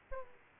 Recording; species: mosquito wingbeat signal from an infrared sensor; Aedes aegypti